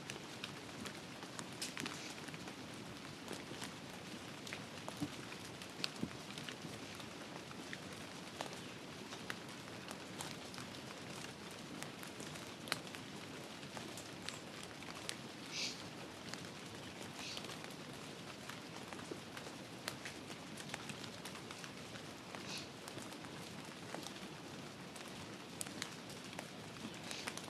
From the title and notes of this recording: Rain in Forest White Noise. Rainstorm.